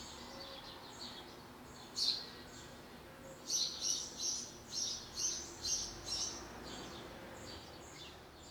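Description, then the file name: House sparrow chirps: a lone chirp, then a run of about seven chirps, over background hiss. "Passer domesticus"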